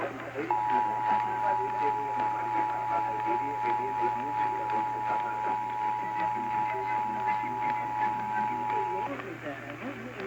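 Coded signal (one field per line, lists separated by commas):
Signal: Emergency Alert System (SAME) tones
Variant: 853 and 960 Hz attention tone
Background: speech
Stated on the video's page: Valid EAS tones of a Required Monthly Test on an AM broadcast station, received at long distance by AM DXing.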